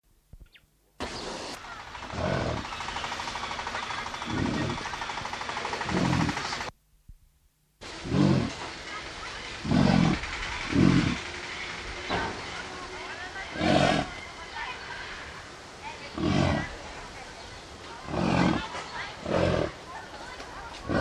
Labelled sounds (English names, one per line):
American Bison call